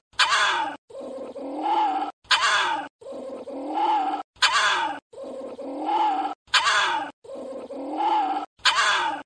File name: Tieng chon huong